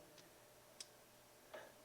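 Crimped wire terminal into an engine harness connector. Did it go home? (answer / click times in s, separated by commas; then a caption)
yes / 0.8 s. A larger terminal, crimped onto a 12 gauge wire with a large crimping tool, is pushed into its connector on an engine harness for a 1959–60 Impala. A sharp tick at 0.8 s marks the terminal snapping into place, and a softer, longer click follows at 1.5 s. The terminal is seated in the connector.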